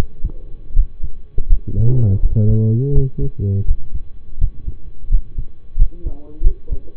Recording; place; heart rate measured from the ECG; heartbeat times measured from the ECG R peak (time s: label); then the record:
heart sounds by stethoscope; between the tricuspid and mitral areas; 84 bpm
0.73 s: heartbeat
1.47 s: heartbeat
2.20 s: heartbeat
2.92 s: heartbeat
3.65 s: heartbeat
4.38 s: heartbeat
5.08 s: heartbeat
5.76 s: heartbeat
6.41 s: heartbeat
From the record:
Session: rest, lying down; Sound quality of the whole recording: partially saturated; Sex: male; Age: 25 years